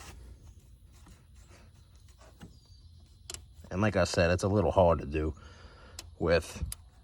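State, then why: Not seated. A plastic fuel line disconnect tool is being pressed one-handed into the incoming fuel line quick-connect fitting on a 2017+ L5P Duramax diesel truck engine. Quiet handling and rustling sounds are followed by a brief sharp tap around 3.3 seconds, then someone talks. Nothing has seated or clicked yet by the end of the clip.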